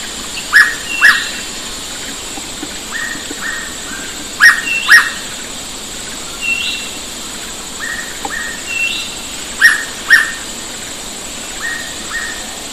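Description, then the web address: Hooded pitta giving repeated two-note whistled calls, loud pairs every few seconds interleaved with fainter doubled whistles, against a constant high insect drone. Recorded 4 February 2005. "20050204 hooded pitta"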